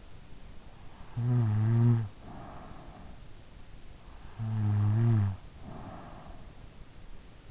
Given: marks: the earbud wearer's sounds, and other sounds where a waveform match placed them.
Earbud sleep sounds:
sounds in sleep by an in-ear microphone; snoring breath
1.04-3.30 s: snoring breath
4.34-6.84 s: snoring breath

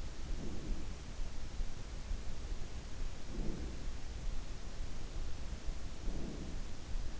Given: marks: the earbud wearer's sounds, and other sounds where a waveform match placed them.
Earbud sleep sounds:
sounds in sleep by an in-ear microphone; breath
0.17-1.03 s: breath
3.10-3.97 s: breath
6.00-6.88 s: breath

